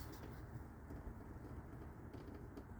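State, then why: Not seated. An old valve sealed by a gasket or O-ring is pushed gently back into its port on the engine of a 2008 Buick Lucerne, carefully so the cold plastic doesn't break. Only a steady low rumble with no distinct hits is heard. There is no pop, so nothing has seated or clicked, and the gasket or O-ring is not seated even though the valve is in.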